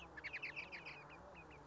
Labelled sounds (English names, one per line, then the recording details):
Bewick's Wren
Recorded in Sonoma County, California